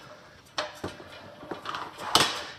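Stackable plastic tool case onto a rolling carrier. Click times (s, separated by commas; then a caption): 2.2 s. A stackable plastic DeWalt ToughSystem tool case is slid onto its wheeled DS carrier. Several hard plastic knocks and clatters sound at 0.6, 0.8, 1.5 and 1.7 seconds, followed by the loudest sharp snap at 2.2 seconds as the case locks into place on the carrier.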